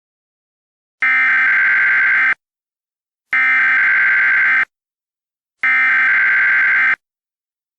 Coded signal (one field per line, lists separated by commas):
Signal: Emergency Alert System (SAME) tones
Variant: header bursts